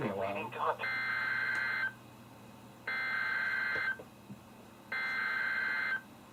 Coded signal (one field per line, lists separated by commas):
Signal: Emergency Alert System (SAME) tones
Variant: header bursts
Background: speech